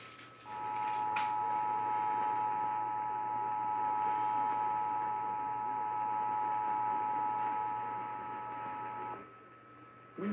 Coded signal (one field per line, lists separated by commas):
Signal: Emergency Alert System (SAME) tones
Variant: 853 and 960 Hz attention tone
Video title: North Texan Storms and Hiccups... | EAS #2245-2251 (Severe Weather Alerts from 2/21/2022)